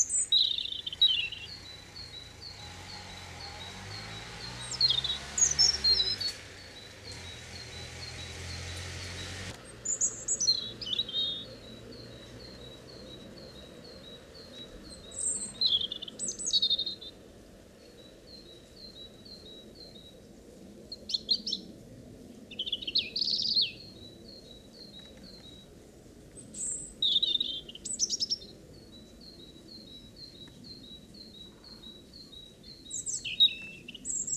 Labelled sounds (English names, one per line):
European Robin song